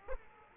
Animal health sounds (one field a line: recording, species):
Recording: mosquito wingbeat signal from an infrared sensor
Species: Aedes aegypti